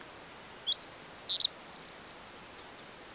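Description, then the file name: Eurasian wren song: rapid, very high warbled notes, then a fast buzzy trill and a few bright chattering phrases, ending abruptly against a quiet background. "Troglodytes troglodytes"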